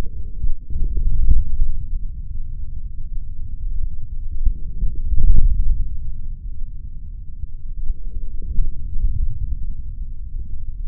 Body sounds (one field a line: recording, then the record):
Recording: forearm muscle sounds (acoustic myography)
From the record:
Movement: forearm pronation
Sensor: system 3, bracelet of six PUI Audio POM-2738L microphones around the upper forearm, with dedicated amplification and filtering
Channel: 4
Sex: male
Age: 23 years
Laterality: right